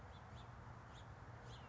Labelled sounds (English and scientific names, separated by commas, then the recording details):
House Finch (Haemorhous mexicanus)
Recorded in Sonoma County, California